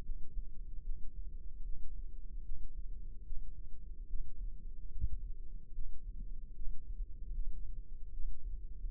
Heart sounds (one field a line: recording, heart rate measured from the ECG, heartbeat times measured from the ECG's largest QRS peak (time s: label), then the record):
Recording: heart sounds by microphone in the left ear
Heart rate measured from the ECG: 74 bpm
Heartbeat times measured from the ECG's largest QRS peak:
0.02 s: heartbeat
0.82 s: heartbeat
1.62 s: heartbeat
2.42 s: heartbeat
3.23 s: heartbeat
4.06 s: heartbeat
4.88 s: heartbeat
5.71 s: heartbeat
6.52 s: heartbeat
7.32 s: heartbeat
8.10 s: heartbeat
8.88 s: heartbeat
From the record:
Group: healthy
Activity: Valsalva maneuver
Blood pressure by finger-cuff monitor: 102/59 mmHg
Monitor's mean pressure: 71 mmHg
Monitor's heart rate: 74 bpm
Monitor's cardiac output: 6 L/min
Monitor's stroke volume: 80 mL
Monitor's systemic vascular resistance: 840 dyn s/cm5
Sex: female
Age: 26 years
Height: 165 cm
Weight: 55 kg